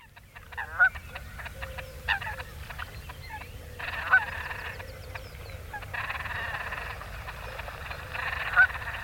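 Great crested grebe calls: harsh, nasal honking notes in bursts with a few louder peaks, over a low rumbling background.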